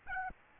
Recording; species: mosquito wingbeat signal from an infrared sensor; Aedes albopictus